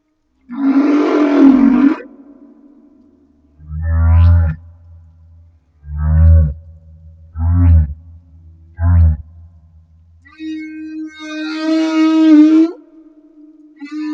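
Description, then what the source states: Humpback whale song: a long moaning unit, then a series of short low grunting units with upswept overtones, ending in a sustained tonal moan with a buzzy upper layer. Recorded off Madagascar.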